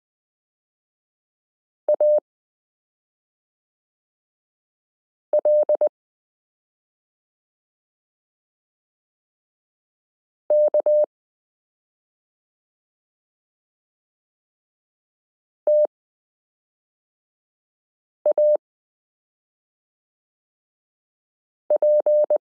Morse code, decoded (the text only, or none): ALKTAP